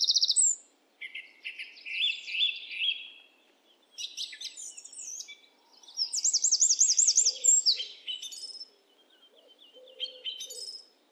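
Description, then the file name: Eurasian wren song: rapid, shrill twittering phrases with a quick repeated trill in the middle. "Troglodytes troglodytes"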